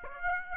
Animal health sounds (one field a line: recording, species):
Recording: mosquito wingbeat signal from an infrared sensor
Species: Aedes aegypti